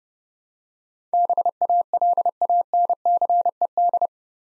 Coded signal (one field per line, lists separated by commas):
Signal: Morse code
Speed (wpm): 28 wpm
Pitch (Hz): 700 Hz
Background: none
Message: BALANCED